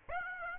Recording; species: mosquito wingbeat signal from an infrared sensor; Aedes aegypti